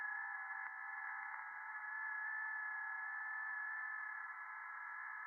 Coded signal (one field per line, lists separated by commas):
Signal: FT8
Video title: 2025-07-12 1800 [VOD] Music, Ham Radio VOX & FT8 - Offline Worldwide Comms from the Edge of the Net